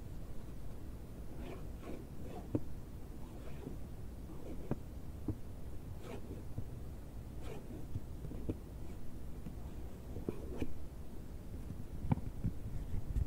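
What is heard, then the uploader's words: A cardboard box is handled and scratched, with short scraping and rubbing strokes every second or so over a steady low rumble. The sounds are soft and mostly low, with occasional sharper clicks and taps, a few standing out near 2.5, 4.7 and 12 seconds. ASMR BOX OPENING, BOX SCRATCHING NO TALKING.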